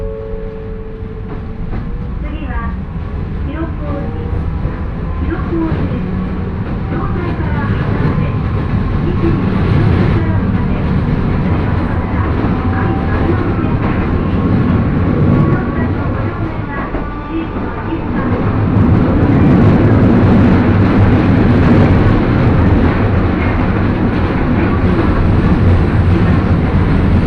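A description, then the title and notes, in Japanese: An electric train with old-style nose-suspended traction motors growls loudly, a dense, heavy low roar that continues throughout. Rising and falling motor whine tones glide across the middle range, and the rumble swells louder after about eighteen seconds. Faint voices mix into the noise. 万葉線 高岡駅→越ノ潟。電車は吊りかけモーターなので中々の唸りをあげています。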